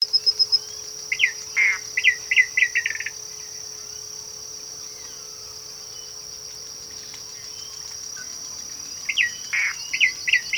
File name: Many colored Rush Tyrant Tachuris rubrigastra rubrigastra